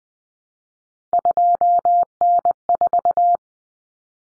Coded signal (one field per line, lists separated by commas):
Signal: Morse code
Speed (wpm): 20 wpm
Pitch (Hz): 700 Hz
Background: none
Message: 2N4